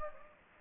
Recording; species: mosquito wingbeat signal from an infrared sensor; Anopheles gambiae